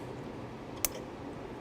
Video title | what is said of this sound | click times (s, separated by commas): 2015 Dodge Journey Trailer Wiring Installation (w/ LED Lights) | here pushing in until they click making sure we have a good connection | 0.8 s